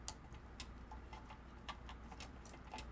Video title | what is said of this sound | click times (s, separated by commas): How To Replace The Rear Wheel / Hub-Motor On The BLVD Urbn+ Electric Scooter | just press them together until they click | 0.1 s